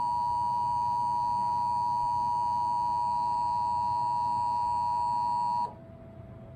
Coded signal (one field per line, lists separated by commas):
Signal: Emergency Alert System (SAME) tones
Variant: 853 and 960 Hz attention tone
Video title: EAS 100!!!!!!!!: NATIONAL REQUIRED TEST relayed by WTAE-TV